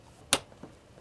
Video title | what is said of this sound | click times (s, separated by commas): VM Server Build, part 2 - On a Test Bench | Okay, I heard a click. | 0.3 s